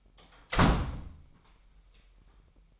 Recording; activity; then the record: daily activity, microphone in the room; close door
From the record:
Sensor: 1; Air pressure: 998.3 hPa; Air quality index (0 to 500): 134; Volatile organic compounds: 4 ppm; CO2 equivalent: 1601 ppm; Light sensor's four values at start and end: 18/61/24/25 and 18/61/24/25